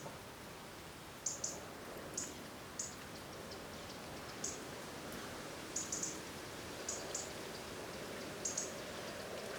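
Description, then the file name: European robin calling with short, very high, thin notes, sometimes doubled, repeated irregularly over continuous background hiss. "Erithacus rubecula"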